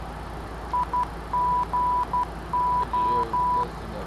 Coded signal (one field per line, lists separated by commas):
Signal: Morse code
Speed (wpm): 12 wpm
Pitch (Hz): 990 Hz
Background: none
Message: IGO